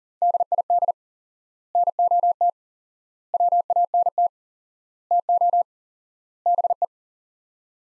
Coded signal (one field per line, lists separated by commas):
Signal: Morse code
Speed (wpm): 37 wpm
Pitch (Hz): 700 Hz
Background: none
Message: DID NOT WANT TO BE